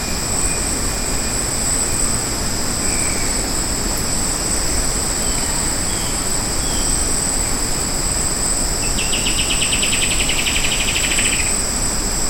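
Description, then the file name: Bird delivering a quick rattled trill near the end, preceded by a few faint chirps. "SABIOD 50 bird 2015"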